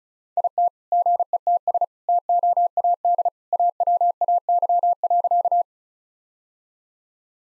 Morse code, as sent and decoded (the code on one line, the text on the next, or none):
.. - / --. . - ... / - --- .- -.. / .- .-- .- -.-- .-.-.-
IT GETS TOAD AWAY.